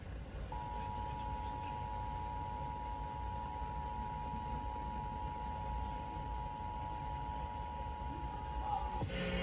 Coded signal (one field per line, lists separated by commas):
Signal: Emergency Alert System (SAME) tones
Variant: 853 and 960 Hz attention tone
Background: speech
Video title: EAS: Tennessee CAE on WLAC (02/22/23)